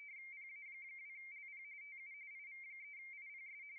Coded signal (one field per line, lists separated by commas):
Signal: RTTY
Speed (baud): 45.45 baud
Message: PA2LP TU IV3IPS